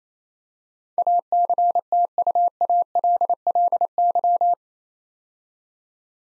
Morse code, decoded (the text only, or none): ACTUALLY